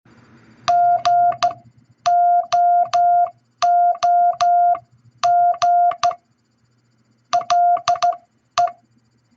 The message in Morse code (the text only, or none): GOOGLE